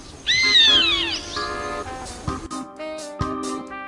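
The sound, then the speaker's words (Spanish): A chimango caracara (tiuque) hunting pigeons gives a harsh, high screech that slides downward in pitch, repeated in quick overlapping strokes, then fades under steady tonal sounds and a few soft thumps. “Y lo que podemos escuchar atrás son un tiuque que las está cazando.”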